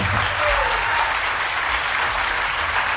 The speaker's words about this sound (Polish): Krzyśku! Dla pana Krzyśka brawa! Dziękuję!